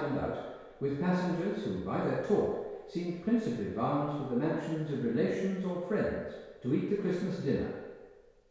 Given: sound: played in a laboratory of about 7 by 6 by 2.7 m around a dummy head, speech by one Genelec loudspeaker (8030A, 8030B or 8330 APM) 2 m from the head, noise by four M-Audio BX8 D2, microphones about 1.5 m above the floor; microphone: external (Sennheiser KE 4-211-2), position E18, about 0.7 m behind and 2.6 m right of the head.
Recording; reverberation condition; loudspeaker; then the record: male speech in English; high; 120 degrees to the right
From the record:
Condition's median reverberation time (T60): about 1300 ms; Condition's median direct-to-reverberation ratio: about -4.0 dB